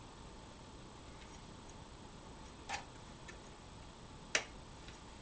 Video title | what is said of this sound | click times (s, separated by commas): How to Fix, Clean-out, and Restore a SNES Part 2 | Okay, when you hear that little click noise that I just heard, you're good. | 4.3 s